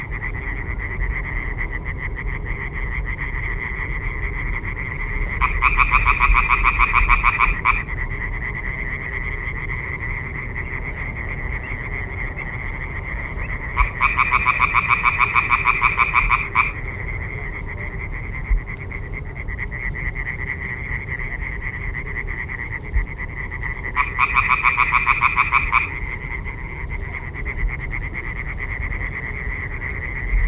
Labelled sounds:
Common Tree Frog call

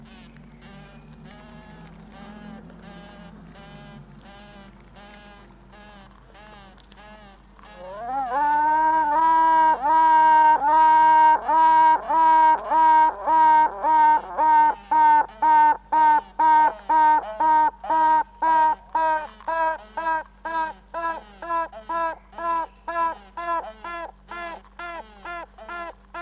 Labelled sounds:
Honey Bee

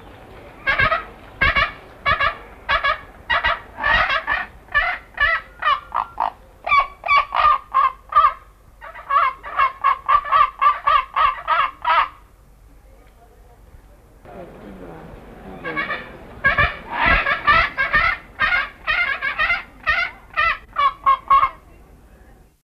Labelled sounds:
Pallas's Fish Eagle call

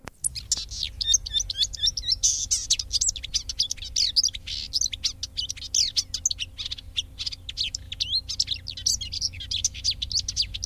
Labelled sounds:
Marsh Warbler

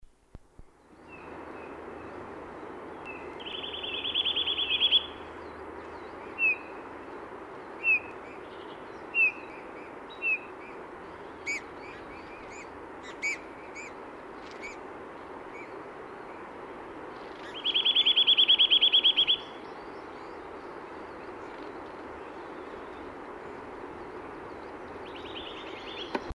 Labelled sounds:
Eurasian Bullfinch song
Eurasian Nuthatch

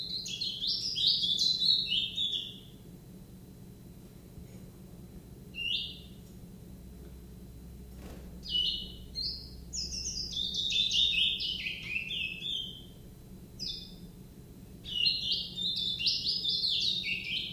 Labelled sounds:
Willow Warbler

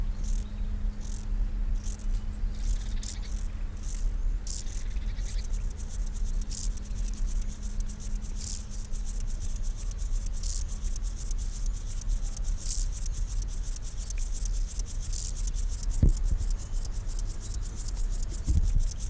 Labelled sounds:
Upland Field Grasshopper

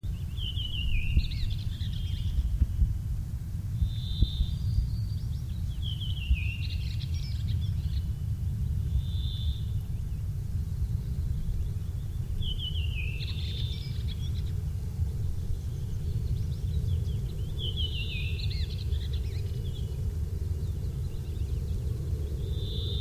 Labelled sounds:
Redwing

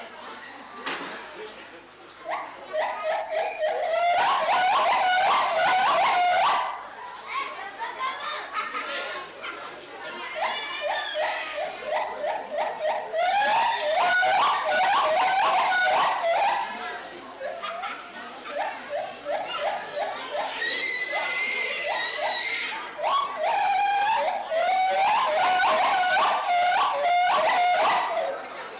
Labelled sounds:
Lar Gibbon

